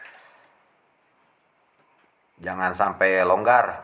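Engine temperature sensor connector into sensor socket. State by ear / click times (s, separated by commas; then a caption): not seated / none. An engine temperature (EOT) sensor connector is held and lined up on its hook at the sensor socket before being pushed home; nothing has seated or clicked yet. A faint, low handling noise fades out over the first half second, followed by near silence until someone starts talking at about 2.4 seconds.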